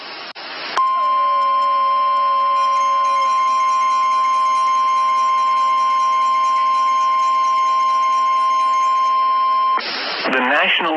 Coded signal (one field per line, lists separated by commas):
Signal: Emergency Alert System (SAME) tones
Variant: 1050 Hz attention tone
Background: speech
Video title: SVR/SEVERE THUNDERSTORM WARNING Amarillo, TX EAS#49